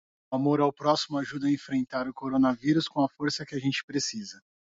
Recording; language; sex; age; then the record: spoken sentence; Brazilian Portuguese; male; 30 to 39 years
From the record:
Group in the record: control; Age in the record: 36 years